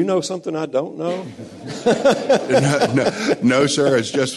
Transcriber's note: laughter